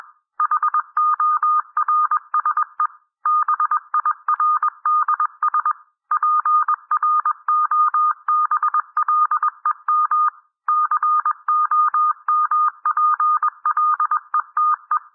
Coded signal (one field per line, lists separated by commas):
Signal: Morse code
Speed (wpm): 21 wpm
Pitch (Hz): 1220 Hz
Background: none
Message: HORSE BIRDS PROBLEM COMPLETE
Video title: Improve Your Morse Code 18-21 WPM - 21-21 WPM